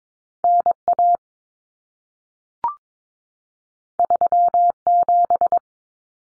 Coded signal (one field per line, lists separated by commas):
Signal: Morse code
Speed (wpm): 22 wpm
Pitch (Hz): 700 Hz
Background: none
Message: NA 37